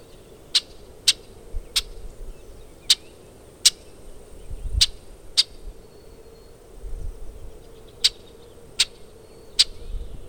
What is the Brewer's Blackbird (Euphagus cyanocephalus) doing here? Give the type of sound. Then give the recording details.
call. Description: Brewer's Blackbird call recorded in Moraine Park in Rocky Mountain National Park. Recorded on 22 June 2015